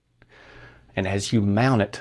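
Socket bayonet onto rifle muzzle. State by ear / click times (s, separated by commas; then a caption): not seated / none. A socket bayonet with a diagonal slot is handled at the muzzle of a Lorenz rifle, with a faint tap at 0.2 s and low handling noise before someone talks from about 1.0 s. The bayonet has not yet twisted and locked into place; nothing has seated or clicked yet.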